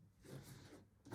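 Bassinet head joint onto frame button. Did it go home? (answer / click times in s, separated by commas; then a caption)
no / none. The second head-end joint of a Bugaboo Fox 5 bassinet is pressed in with force to find the frame button and slid along to lock it in place. Broadband rubbing and scraping is heard, with a louder burst near 1.1 s. Nothing has seated or clicked yet.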